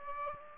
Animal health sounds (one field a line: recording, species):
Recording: mosquito wingbeat signal from an infrared sensor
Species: Aedes aegypti